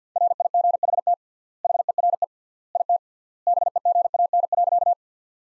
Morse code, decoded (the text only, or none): RIGHT HERE IT BEGAN.